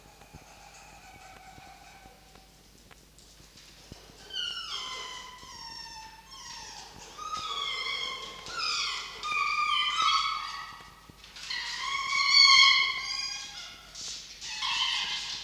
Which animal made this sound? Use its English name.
Red Fox